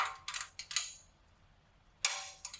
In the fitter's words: Beautiful. And I love that they have kind of like the satisfying click to it.